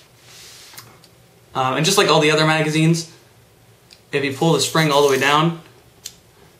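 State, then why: Seated. Someone talks while pulling the spring follower of a KWA NS2 Sig Sauer P226 airsoft gas pistol magazine all the way down. At 6.1 s a single sharp click is heard as the follower catches and locks in place for loading BBs.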